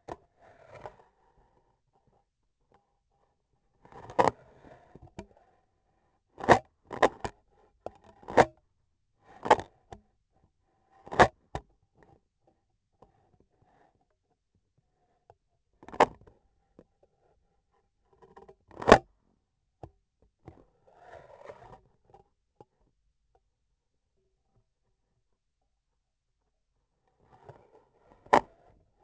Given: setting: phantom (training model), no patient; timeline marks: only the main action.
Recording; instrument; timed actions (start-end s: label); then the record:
laparoscopic instrument, vibration sensor on the handle end; scissors
18.59-19.17 s: cutting thread
From the record:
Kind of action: gesture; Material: cotton thread